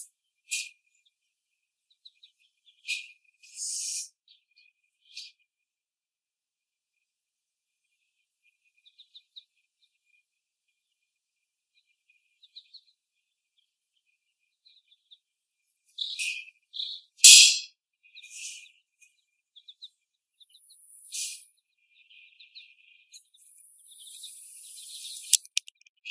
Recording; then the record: young laying hens in a cage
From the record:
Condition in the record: before the stressor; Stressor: simulated dog barking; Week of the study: 1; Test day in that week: 1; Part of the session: 4